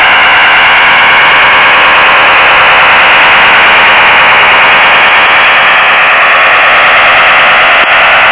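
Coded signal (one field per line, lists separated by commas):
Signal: HF data modem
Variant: STANAG 4285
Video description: Tuning PSK signal, decoding Stanag 4285 (text message)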